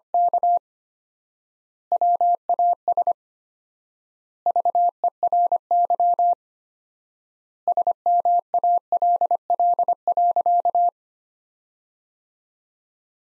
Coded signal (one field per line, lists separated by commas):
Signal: Morse code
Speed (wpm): 25 wpm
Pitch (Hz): 700 Hz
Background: none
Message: K WAS VERY SMALL.